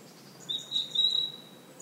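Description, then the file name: European robin, a thin, very high whistle that is broken into three drawn-out pieces, steady in pitch, over quiet background hiss. "Erithacus rubecula"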